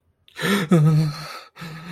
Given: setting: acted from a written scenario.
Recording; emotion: vocal sound without words; fear